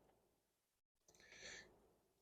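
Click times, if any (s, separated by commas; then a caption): none. Plastic retaining clips that hold the rubber radiator seals are handled at the radiator support of a Nissan Titan/Armada during a radiator replacement. Low, faint handling noise is followed by a brief dropout near 0.9 s, then a soft, breathy hiss that rises around 1.2 s and fades. Nothing has seated or clicked yet.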